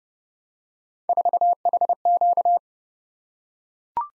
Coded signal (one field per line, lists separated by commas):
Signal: Morse code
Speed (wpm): 28 wpm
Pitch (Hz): 700 Hz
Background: none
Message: 4HQ